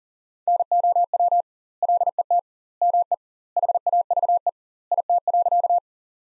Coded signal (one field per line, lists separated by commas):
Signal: Morse code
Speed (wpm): 40 wpm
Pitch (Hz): 700 Hz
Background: none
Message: NOW LET ME HAVE IT.